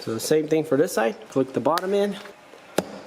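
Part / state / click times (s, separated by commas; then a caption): plastic side trim piece into the chair seat frame / seated / 2.8 s. A plastic side trim piece is fitted into the seat frame of an Arozzi Forte gaming chair by flicking its bottom tab in and pressing the round tab into the hole in the side. Someone talks for most of the clip, and then a single sharp click at 2.8 s marks the trim piece seating in place.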